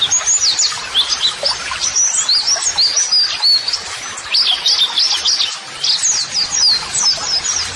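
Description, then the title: White-eye song: dense, high, rapid twittering of thin chirps and short warbled phrases, nearly continuous with brief dips. White-eye singing vigorously ('gacor'), used as a model song (masteran) for training. "Pleci Gacor MASTERAN TERAPI PLECI"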